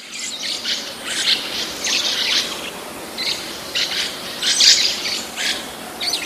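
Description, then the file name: Lorikeet screeching in harsh, high bursts that come thick and fast. "Лори -Лорикет -Попугай -Голоса-птиц"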